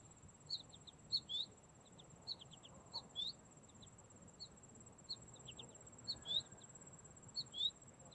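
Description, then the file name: Goldfinch giving sparse, thin high notes at irregular intervals, soft and spaced out over the whole stretch. "Carduelis tristis - American Goldfinch"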